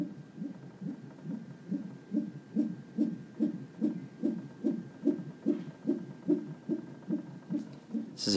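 Steady whooshing Doppler pulses at about 146 a minute: an unborn baby's heartbeat within the normal range, heard at a hospital check over concerns about the baby's movement, and a very reassuring sound.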